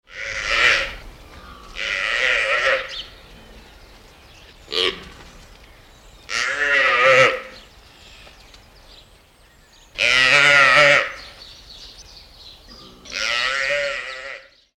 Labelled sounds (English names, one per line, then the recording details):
Mountain Anoa
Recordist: Tembrock, Günter
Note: Rufe eines Weibchens